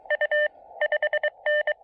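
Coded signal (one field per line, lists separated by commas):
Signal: Morse code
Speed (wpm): 24 wpm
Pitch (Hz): 600 Hz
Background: none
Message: U 5N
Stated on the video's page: SOTA activation on a summit using a transformer-less random wire antenna, with pileups.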